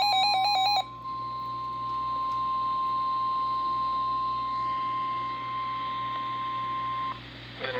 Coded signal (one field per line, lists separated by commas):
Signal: Emergency Alert System (SAME) tones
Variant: 1050 Hz attention tone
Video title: KDO89 Severe Thunderstorm Warning. 3/11/26 EAS #558